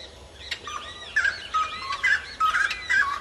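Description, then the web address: Wood rail song, harsh looping squawks and cackles in rapid bursts. "cantos chiricote"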